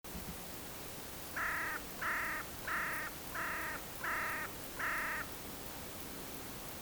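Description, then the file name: Carrion crow giving six harsh, evenly spaced caws, roughly one every 0.7 seconds, over a steady background hiss. "Corvus corone"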